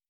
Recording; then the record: hydrophone in a shrimp aquaculture tank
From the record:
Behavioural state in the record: normal